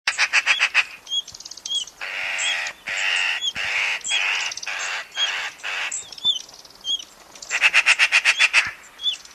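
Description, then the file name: Eurasian magpie giving harsh rattling chatter in rapid bursts of dry clicking notes. "Pica pica"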